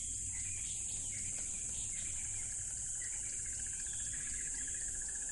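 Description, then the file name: Crickets keep a steady shrill drone over broad rushing water-like noise, with a faint pulsing trill. Loud crickets by a tropical river. "smartsound ATMO NATURE Tropical River Loud Crickets"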